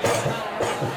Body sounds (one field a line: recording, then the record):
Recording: coughing mixed with background sound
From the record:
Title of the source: Cough Around the Clock!